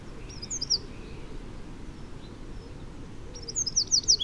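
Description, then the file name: Eurasian wren calls: two bursts of sharp, very high ticking notes, one early and a longer run near the end, over steady low rumbling background noise. "Troglodytes troglodytes"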